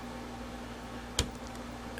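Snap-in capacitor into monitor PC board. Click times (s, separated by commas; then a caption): 1.2 s. A new snap-in capacitor from a cap kit is pressed into the PC board of a 19" Toei CM A20HC arcade monitor, its locking pins holding it in place. Against a low steady hum, a single sharp click at 1.2 s marks the capacitor seating in the board.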